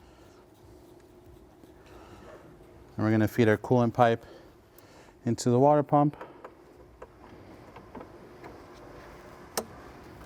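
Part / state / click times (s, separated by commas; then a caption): coolant pipe into engine water pump / seated / 9.6 s. A coolant pipe is fed into the water pump inlet of a 2001–2006 BMW E46 M3's S54 engine during a water pump and radiator replacement and pushed in until its O-ring end seats. Someone talks from about 3 to 6 seconds, then a few faint ticks follow. A sharp pop at 9.6 s marks the pipe snugly seating in the pump.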